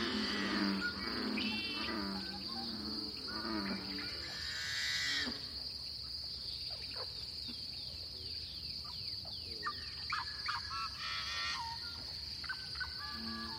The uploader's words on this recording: This lively dawn chorus was recorded in a small pothole coulee in Eastern Washington, one of the numerous Seep Lakes of the Channeled Scablands. This is the Columbia Plateau, a large basalt flow cut through by the Columbia River. This is a true Dawn chorus.